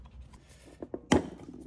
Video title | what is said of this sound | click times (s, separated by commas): 2023 Mercedes OM654 2.0L Diesel (Sprinter Van) | There we go. There we go. Hear that click? Listen for the click. | 1.1 s